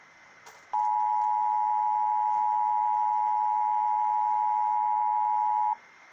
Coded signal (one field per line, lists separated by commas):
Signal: Emergency Alert System (SAME) tones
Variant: 853 and 960 Hz attention tone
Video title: EAS 544 Lincoln Oregon RMT